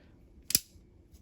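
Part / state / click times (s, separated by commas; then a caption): folding knife blade locking open in its handle / seated / 0.6 s. The blade of a Lion Knives folding karambit is flicked open off its ring and locks open in its handle with a loud, sharp metallic snap at 0.55 s. A faint high tick follows at 1.2 s, and the blade is seated open.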